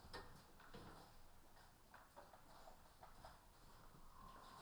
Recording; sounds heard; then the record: poultry house recording; healthy chickens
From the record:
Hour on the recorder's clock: 14